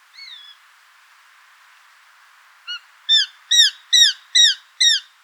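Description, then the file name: Eurasian jay with one soft mewing note, a pause, a short quiet note, then five loud, evenly spaced downslurred calls. "Garrulus glandarius"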